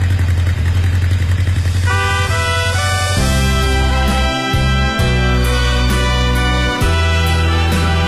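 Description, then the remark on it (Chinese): A motorcycle engine is started up as a test in a radio drama, idling with a steady low rumble, then revving into a louder, rhythmic throbbing with metallic clatter and brief surges in pitch, alone without any voices. “你们听，这声音真好听。摩托车回家了，他心里也高兴啊。”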